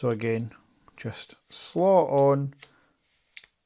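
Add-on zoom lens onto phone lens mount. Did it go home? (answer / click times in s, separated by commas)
yes / 3.4 s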